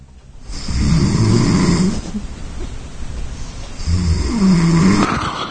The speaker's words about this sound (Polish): Czy to był któryś z tych? Taki schrapanie, to było moje chrapanie.